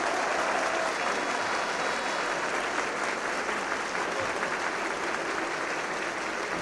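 A stadium crowd in the grandstand applauds steadily as the German team is greeted by Baudouin and Queen Fabiola of Belgium at the Barcelona vs Hamburger SV European Cup match, 3 May 1961, a dense, even wash of clapping that holds at a constant level from start to finish without pause or swell.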